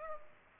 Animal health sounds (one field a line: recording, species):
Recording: mosquito wingbeat signal from an infrared sensor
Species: Culex pipiens